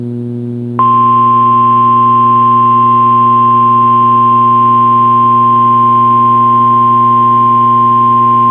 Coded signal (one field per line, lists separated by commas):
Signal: Emergency Alert System (SAME) tones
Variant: 1050 Hz attention tone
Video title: CRP Required Weekly Test on WXK26 - 09/22/2021 (EAS 390)